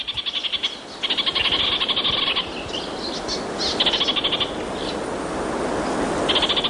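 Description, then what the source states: Orange-fronted parakeet chattering calls, rapid bursts of bright, buzzy notes in several bouts separated by short pauses, over a steady background hiss. Played on radio as a morning bird call.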